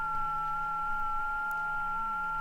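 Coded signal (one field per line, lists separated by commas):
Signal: FT8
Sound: two steady, nearly pure warbling tones held throughout, over faint hiss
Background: low hum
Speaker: and so there a 15 second time period every 15 seconds uh someone will send a CQ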